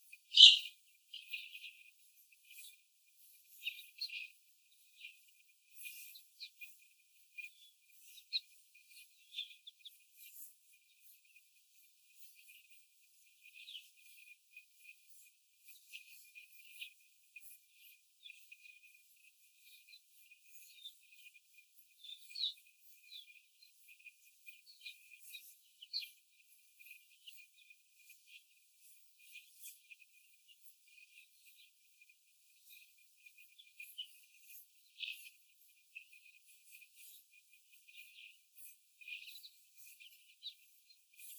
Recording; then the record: young laying hens in a cage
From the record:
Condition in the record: after the stressor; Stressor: simulated dog barking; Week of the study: 4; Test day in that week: 1